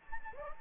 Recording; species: mosquito wingbeat signal from an infrared sensor; Anopheles gambiae